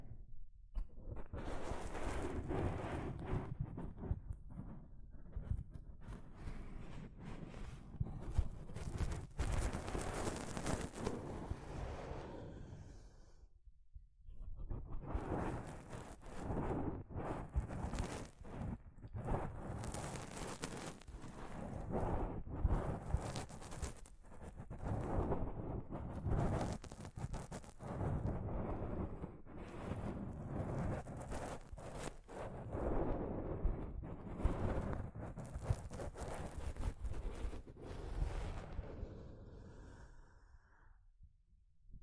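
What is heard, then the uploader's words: Soft fabric brushes against a microphone in dense, rustling bursts, heavy with low rumble and scratchy upper hiss. The rubbing runs almost continuously, dropping out briefly around 13 seconds and fading near the end after 39 seconds. ASMR Mic Brushing using Soft Fabric (No Talking).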